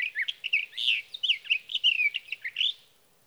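Sage thrasher song with rapid, varied warbling phrases, buzzy and whistled notes tumbling together for about three seconds, then silence.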